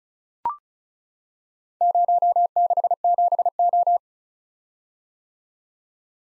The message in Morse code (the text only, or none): 067O